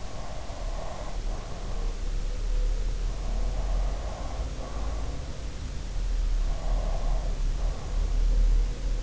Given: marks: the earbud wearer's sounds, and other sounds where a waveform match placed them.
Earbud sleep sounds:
sounds in sleep by an in-ear microphone; breath
0.00-2.19 s: breath
2.84-5.56 s: breath
6.72-8.66 s: breath

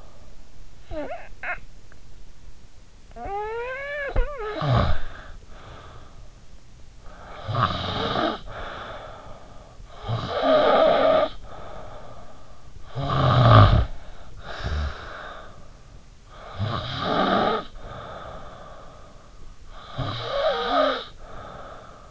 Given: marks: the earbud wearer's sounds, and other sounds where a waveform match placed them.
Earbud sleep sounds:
sounds in sleep by an in-ear microphone; snoring breath
0.00-22.11 s: snoring breath

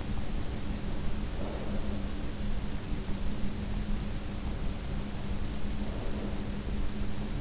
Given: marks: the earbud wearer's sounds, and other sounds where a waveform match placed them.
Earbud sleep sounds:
sounds in sleep by an in-ear microphone; breath
1.30-2.37 s: breath
5.73-6.49 s: breath

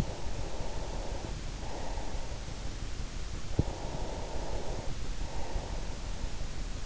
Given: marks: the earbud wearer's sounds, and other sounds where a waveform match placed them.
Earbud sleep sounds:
sounds in sleep by an in-ear microphone; breath
0.04-2.77 s: breath
3.29-6.41 s: breath

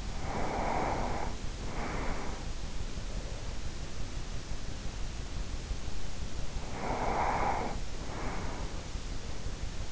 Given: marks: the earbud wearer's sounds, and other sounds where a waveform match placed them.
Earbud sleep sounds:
sounds in sleep by an in-ear microphone; breath
0.00-2.59 s: breath
6.56-9.16 s: breath

